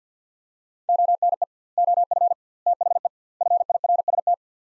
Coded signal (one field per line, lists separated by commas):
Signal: Morse code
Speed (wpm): 50 wpm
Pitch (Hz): 700 Hz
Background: none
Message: ONE OF THE FIRST